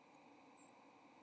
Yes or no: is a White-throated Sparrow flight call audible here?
yes